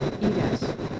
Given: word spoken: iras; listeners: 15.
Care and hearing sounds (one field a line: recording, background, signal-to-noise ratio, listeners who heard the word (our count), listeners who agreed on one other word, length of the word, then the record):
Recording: one Spanish word in noise, from a listening test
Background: noise modulated by three-talker babble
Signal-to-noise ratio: -3.4 dB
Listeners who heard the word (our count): 5 of 15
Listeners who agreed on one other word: 6 of 15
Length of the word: 0.60 s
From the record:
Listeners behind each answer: 6, 5, 1, 1, 1, 1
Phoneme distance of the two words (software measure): 10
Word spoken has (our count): 2 syllables, 4 phonemes, stress on syllable 1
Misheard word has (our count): 2 syllables, 4 phonemes, stress on syllable 1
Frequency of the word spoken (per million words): 2.10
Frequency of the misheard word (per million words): 2.26